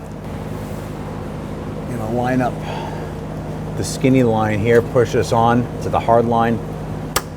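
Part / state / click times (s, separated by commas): fuel line quick connector onto metal hard line / seated / 7.2 s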